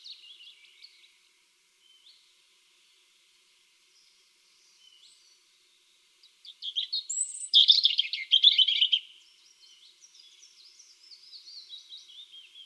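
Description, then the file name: European robin song: soft, scattered high notes, then a loud, fast run of thin whistles and trills, fading back into quiet twittering. "Erithacus rubecula"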